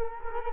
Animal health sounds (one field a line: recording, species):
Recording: mosquito wingbeat signal from an infrared sensor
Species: Culex quinquefasciatus